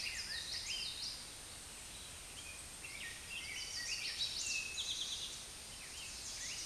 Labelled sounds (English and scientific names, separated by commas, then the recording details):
Eastern Towhee (Pipilo erythrophthalmus) song
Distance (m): 45 m
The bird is about 10 m above the microphone
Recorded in a Pennsylvania forest on 16 May 2024 at 09:30
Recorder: AudioMoth, point MSD-0627
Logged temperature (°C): 14.8 °C
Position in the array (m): 69 m, 14 m